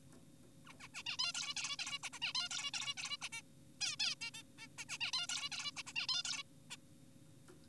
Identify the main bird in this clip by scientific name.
Taeniopygia guttata